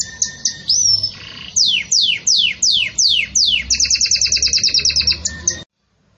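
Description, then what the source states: Belgian canary song: brief high notes and a whistle, a run of descending sweeps, then a rapid bright trill ending abruptly in silence. Pure "campainha" (bell) song style with pauses, for training.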